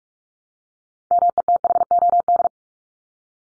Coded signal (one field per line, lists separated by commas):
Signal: Morse code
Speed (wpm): 44 wpm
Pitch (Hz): 700 Hz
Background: none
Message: METHOD